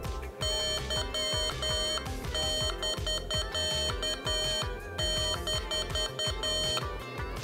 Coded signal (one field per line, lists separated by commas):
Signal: Morse code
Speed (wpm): 10 wpm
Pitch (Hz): 3100 Hz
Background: music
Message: Y<BK>-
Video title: Using the Morserino - Ham Radio Unlimited - S2E5